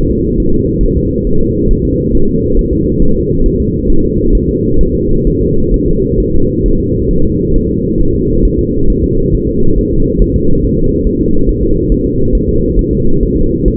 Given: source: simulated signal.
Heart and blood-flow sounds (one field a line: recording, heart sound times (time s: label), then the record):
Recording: fetal heart sounds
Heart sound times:
0.11 s: S2
0.40 s: S1
0.54 s: S2
0.83 s: S1
0.97 s: S2
1.27 s: S1
1.41 s: S2
1.71 s: S1
1.85 s: S2
2.15 s: S1
2.29 s: S2
2.59 s: S1
2.73 s: S2
3.02 s: S1
3.16 s: S2
3.46 s: S1
3.60 s: S2
3.90 s: S1
4.04 s: S2
4.35 s: S1
4.49 s: S2
4.81 s: S1
4.95 s: S2
5.27 s: S1
5.41 s: S2
5.74 s: S1
5.88 s: S2
6.20 s: S1
6.34 s: S2
6.66 s: S1
6.80 s: S2
7.11 s: S1
7.25 s: S2
7.56 s: S1
7.70 s: S2
8.00 s: S1
8.15 s: S2
8.45 s: S1
8.59 s: S2
8.90 s: S1
9.04 s: S2
9.35 s: S1
9.49 s: S2
9.78 s: S1
9.93 s: S2
10.22 s: S1
10.36 s: S2
10.64 s: S1
10.78 s: S2
11.07 s: S1
11.21 s: S2
11.49 s: S1
11.63 s: S2
11.92 s: S1
12.06 s: S2
12.35 s: S1
12.49 s: S2
12.79 s: S1
12.93 s: S2
13.23 s: S1
13.37 s: S2
13.68 s: S1
From the record:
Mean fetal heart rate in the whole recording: 135 bpm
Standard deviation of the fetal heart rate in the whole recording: 3 bpm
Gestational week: 36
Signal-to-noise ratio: -17.7 dB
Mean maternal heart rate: 72 bpm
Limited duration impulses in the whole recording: present